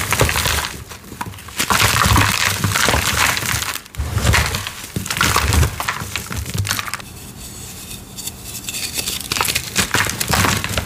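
Crunchy crushing of compacted cornstarch, with dense gritty crackles packed into bursts that swell and fade. A brief pause near four seconds breaks the crunching, and a softer, hissing crumble of dusty powder fills the stretch from about seven to nine seconds before firmer crunches return.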